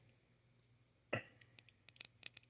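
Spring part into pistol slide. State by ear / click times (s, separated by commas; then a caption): seated / 2.0 s. A small spring part is pushed into its seat at the bottom of a Glock 17 pistol slide. A sharp metallic clack at 1.1 s is followed by a series of light metal ticks, with the click as it goes in at 2.0 s. The part is seated and stays put.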